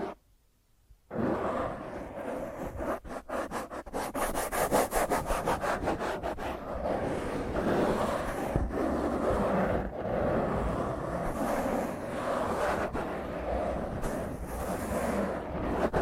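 Fingernails scratch hard and roughly across a microphone, starting after about a second of near silence. From roughly 3 to 7 seconds the scratching comes in rapid, regular strokes, then it turns into a dense, continuous grinding rasp with a few brief gaps until the end.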